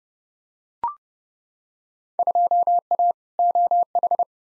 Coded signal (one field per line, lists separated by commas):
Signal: Morse code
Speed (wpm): 31 wpm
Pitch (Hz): 700 Hz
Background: none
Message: 2A OH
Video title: Field Day Exchange v2 - 30wpm